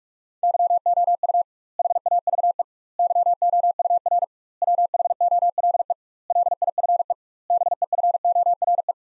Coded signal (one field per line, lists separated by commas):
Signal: Morse code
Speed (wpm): 45 wpm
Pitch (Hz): 700 Hz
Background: none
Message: YOU HAVE YOUR WHOLE LIFE BEFORE